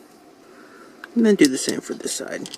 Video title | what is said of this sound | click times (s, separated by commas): Transformers Age Of Extinction Deluxe Class SLUG Video Review | and then it'll it'll you'll hear a clicking sound when you do get it finally | 1.0 s